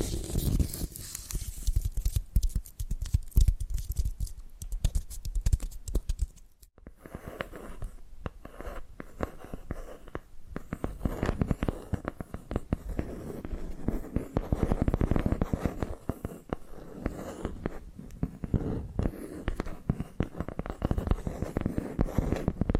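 Dense, fast tapping and scratching runs almost without pause, a busy patter of small sharp hits over a low rubbing texture. Around six to seven seconds it briefly thins and quiets, then resumes just as thick and steady through the end.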